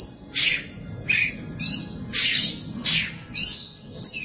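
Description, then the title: Oriental magpie-robin song: harsh downslurred bursts alternating with clearer ringing notes, repeated steadily over a low background rumble. "Suara Kicauan Burung Kacer"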